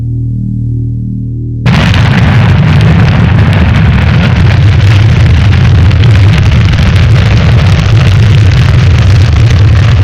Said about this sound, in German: Es ist Punkt 16 Uhr, als der schlanke Raketenkörper mit der Geschwindigkeit Mach 5,4 fast 90 Kilometer hoch und annähernd 300 Kilometer weit in den Himmel schießt.